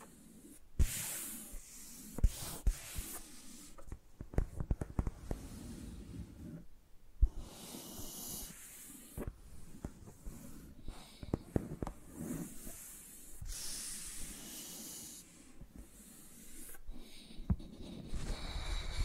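Microphones are handled like pencils, giving scratchy, rubbing strokes and soft hissing swipes with no speech. Sharp taps and clicks punctuate it irregularly, clustered around 1, 2–4 and 7 seconds, with brighter sweeping bursts near 1, 13 and 17 seconds.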